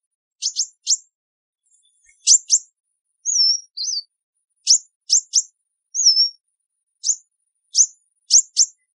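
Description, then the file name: Sunbird calls, mostly quick high paired chips with a few slurred whistles between them, delivered in an irregular string against a quiet background. "Tieng chim hut mat"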